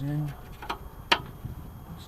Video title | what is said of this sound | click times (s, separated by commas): Installing new slideout cogs in a Bigfoot 30MH29SL motorhome | snaps into place. | 1.1 s